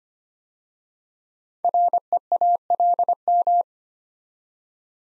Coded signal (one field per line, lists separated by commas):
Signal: Morse code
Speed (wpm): 25 wpm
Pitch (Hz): 700 Hz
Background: none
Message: REALM